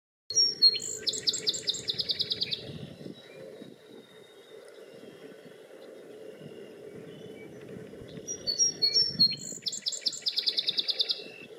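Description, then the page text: Song sparrow singing two bright phrases, sharp opening notes then a rapid trill, separated by a pause of several seconds, over a steady low rumble. "Song Sparrow, Ah, Singing. laurabird 57"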